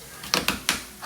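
A tile leveling clip cap on a clip between wall tiles is pressed down by hand, making sharp ratchet clicks at 0.3, 0.5 and 0.7 seconds. It is only lightly set so it doesn't fall out and will be tightened later with the pliers.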